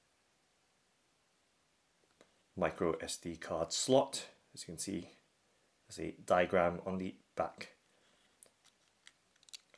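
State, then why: Seated. Someone talks, then a micro SD card is pushed back into the top card slot of a plastic Ueleknight portable media player, with a few small, faint clicks in the last two seconds. The card clicks into place at 9.6 s and is seated.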